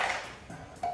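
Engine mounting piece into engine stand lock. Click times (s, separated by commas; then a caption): 0.8 s. While an N54 engine with a custom T4 single turbo setup is mounted onto an engine stand, the mounting piece is lined up and turned toward the stand's lock. A faint fading metallic ring is followed by a single sharp metallic ping-like hit at 0.8 s. The mounting piece is not fully seated in the lock.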